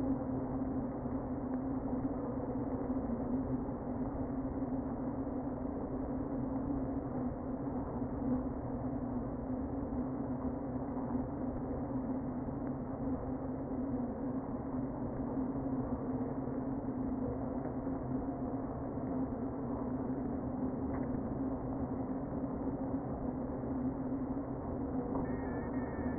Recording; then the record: honeybee colony, microphone inside the hive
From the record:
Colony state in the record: queen present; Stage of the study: before two queens were removed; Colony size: about 60,000 bees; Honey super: yes